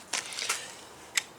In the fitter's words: then you just put your plastic cover back on there just pops right in and boom there you go